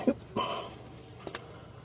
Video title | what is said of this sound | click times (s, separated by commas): How To: Replace The Knock Sensor for Your 2004 Honda Accord | There we go. There's the click. | 1.3 s